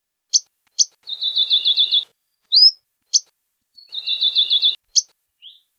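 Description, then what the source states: Akikiki song: sharp high chips alternating with rapid, even trilled phrases, with a short upslurred note between. Few birds, possibly none, remain in their last refuge on the Alakai Plateau, Kauai.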